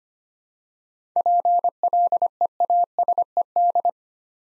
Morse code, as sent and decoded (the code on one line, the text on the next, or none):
.--. .-.. . .- ... . -..
PLEASED